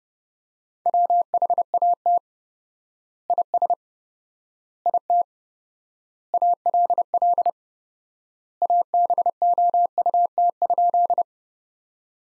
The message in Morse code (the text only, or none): WHAT IS IT ALL ABOUT?